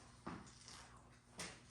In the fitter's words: going to snap all four of those on